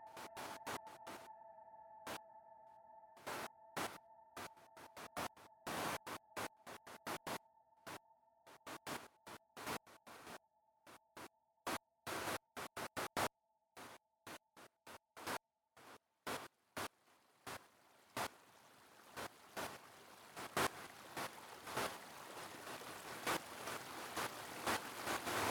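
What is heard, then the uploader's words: Water drips and splashes in sharp, irregular bursts, sometimes clustered, sometimes spaced by quiet gaps. A faint steady hum sits under the first ten seconds, then fades. From about seventeen seconds a hiss of running water rises and keeps growing louder to the end. Water.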